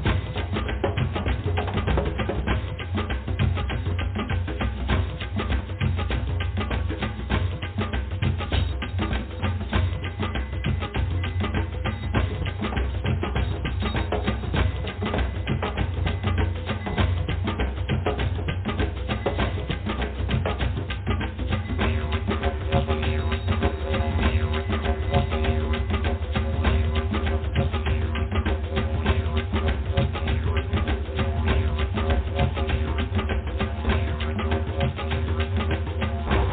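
Drumming plays steadily throughout with dense, fast, regular hits and a heavy low thud, joined by sustained tonal notes after about twenty seconds.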